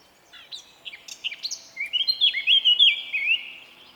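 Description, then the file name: Eurasian blackcap song: a few short scratchy notes build into a rich, fluted warble of rising and falling whistles, ending with quieter notes. "Sylvia atricapilla"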